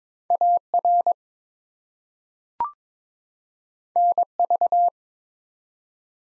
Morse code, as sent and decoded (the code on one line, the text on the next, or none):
.- .-. / -. ...-
AR NV